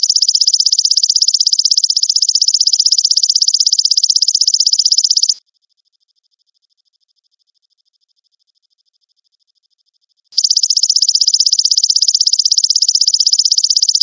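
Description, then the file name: Grasshopper call: a shrill, finely pulsed buzz for about five seconds, silence for five more, then another long stretch of the same rapid trill. "suara belalang emas"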